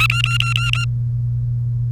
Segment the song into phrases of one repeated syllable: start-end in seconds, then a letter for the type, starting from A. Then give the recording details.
0.00-0.07 A, 0.10-0.84 B. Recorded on 1 May 2018 at 16:09. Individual llb3